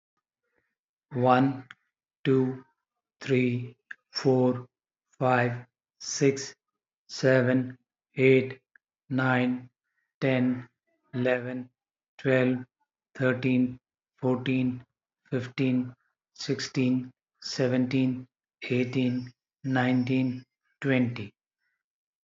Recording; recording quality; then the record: counting at a normal pace; excellent, no background noise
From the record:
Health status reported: healthy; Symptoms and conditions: diabetes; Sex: male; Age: 54 years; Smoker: not ticked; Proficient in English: yes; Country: India